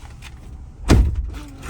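After its frozen frameless window is jiggled loose, the door of a 2021 Ford Bronco SUV is shut, and its latch catches the body striker with a single loud, low, solid thud at 0.9 s that fades over the next few tenths of a second against a quiet background. The door latches closed.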